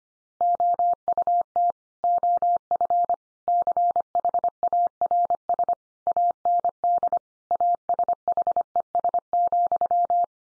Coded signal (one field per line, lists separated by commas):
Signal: Morse code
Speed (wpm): 25 wpm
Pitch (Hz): 700 Hz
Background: none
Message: OUT OF CHARS AND ASHES,